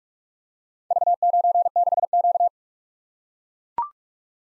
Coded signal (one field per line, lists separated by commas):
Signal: Morse code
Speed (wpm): 44 wpm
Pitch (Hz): 700 Hz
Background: none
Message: V96Q